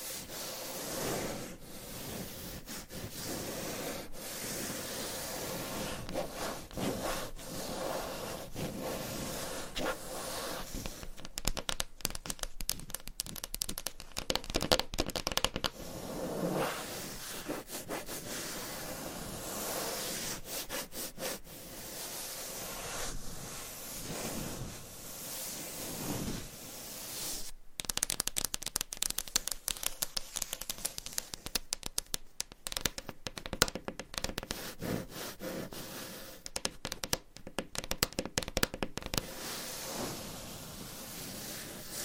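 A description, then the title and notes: Scratching, tapping and tracing on a surface, with dense bursts of fast scratching strokes and sharp taps that come and go throughout. Brighter, busier stretches cluster around the middle and later parts, with short pauses between flurries and a soft steady hiss underneath. ASMR Surface Scratching - Tapping - Tracing Hypnotic Asmr No Talking for Sleep with Long Nails.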